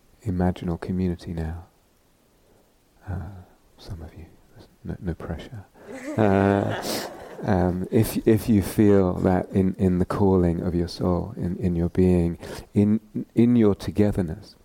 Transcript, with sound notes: imaginal community now, some of you -- no pressure -- [laughter] if you feel that in the calling of your soul, in your being, in your togetherness.